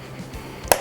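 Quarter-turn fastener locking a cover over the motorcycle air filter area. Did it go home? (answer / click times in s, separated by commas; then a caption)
yes / 0.7 s. A quarter-turn fastener is twisted to lock a cover back in place over the air filter area during a Hi-Flo air filter install on a V-Rod Muscle motorcycle. After low, steady background noise, the fastener pops into place with a single sharp, bright hit at 0.7 s, and it is seated.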